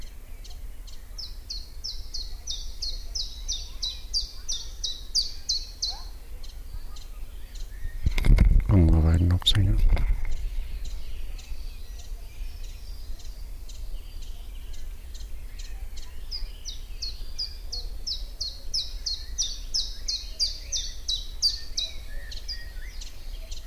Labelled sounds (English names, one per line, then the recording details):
Common Chiffchaff
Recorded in the wild
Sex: male
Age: adult
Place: Lübars (Fließtal), Berlin, DE
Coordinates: 52.6175, 13.3625
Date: 1998-06-13 19:14
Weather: fair, 15°C
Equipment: Sony MD-WM MZ-R3, Sennheiser MKH 416 T, Kopie Uher 4000 Report Monitor
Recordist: Tembrock, Günter